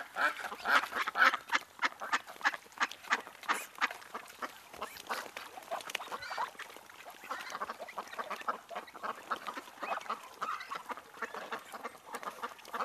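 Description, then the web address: Birds call in a busy flock, with rapid, rough, chattering notes overlapping continuously and rising and falling in strength throughout. "ptici ptici"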